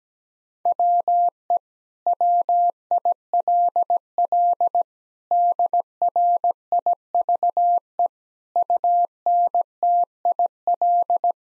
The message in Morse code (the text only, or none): WE WILL DRIVE UNTIL